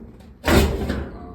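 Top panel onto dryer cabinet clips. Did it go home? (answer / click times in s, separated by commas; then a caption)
no / none. A top panel is pushed down onto the cabinet clips of a Whirlpool natural gas dryer, making a dull, broadband thud at about 0.5 s that fades over the next half second with no clean click. The panel does not go on or latch because one of its retaining clips is missing, so nothing has seated or clicked.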